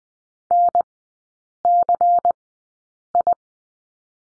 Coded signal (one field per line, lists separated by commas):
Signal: Morse code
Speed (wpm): 20 wpm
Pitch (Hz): 700 Hz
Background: none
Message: NCI